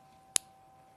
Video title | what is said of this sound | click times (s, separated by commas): Gemcollector Live Stream | did you hear that? Click click. | 0.4 s